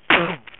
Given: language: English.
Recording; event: throat vibration sensor signal played as sound; cough